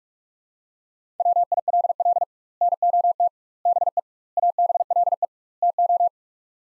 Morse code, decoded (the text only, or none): WILL NOT BE ABLE TO